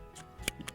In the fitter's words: with The Notches inside the horizontal tube you'll feel it click